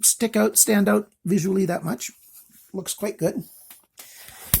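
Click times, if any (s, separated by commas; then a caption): 4.5 s. Someone talks while the stonewashed metal pocket clip of an LDT Zebra MS2 folding knife is slid onto the pocket edge of a pair of pants. The clip snaps into place with a low snap at 4.5 s, holding with very good retention.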